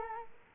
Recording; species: mosquito wingbeat signal from an infrared sensor; Culex quinquefasciatus